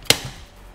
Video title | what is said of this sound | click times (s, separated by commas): Como hacer un semillero en PVC | cuando empujamos aquí y suena si hace clic ya está puesto | 0.1 s